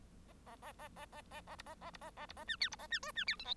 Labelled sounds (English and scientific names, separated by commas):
Bengalese Finch (Lonchura striata domestica) song